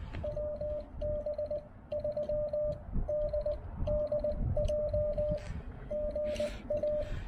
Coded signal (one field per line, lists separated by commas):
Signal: Morse code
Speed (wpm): 17 wpm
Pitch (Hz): 590 Hz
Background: radio noise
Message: WB3DDJ GA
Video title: Yaesu FT-891 POTA: Breaking in my new-to-me transceiver during a chilly activation!